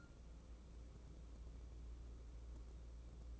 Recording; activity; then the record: daily activity, microphone in the room; take from stove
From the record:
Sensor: 1